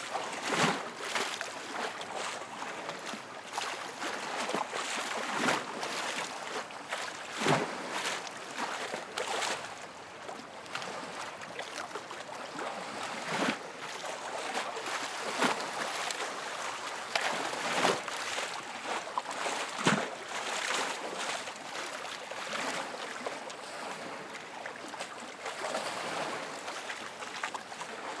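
Lake water slaps against a dock in a steady wash of splashing. Sharper knocks and splashes break through every few seconds, at irregular intervals, over a constant hissing, sloshing bed with little low rumble.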